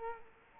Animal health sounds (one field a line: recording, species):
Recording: mosquito wingbeat signal from an infrared sensor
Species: Culex quinquefasciatus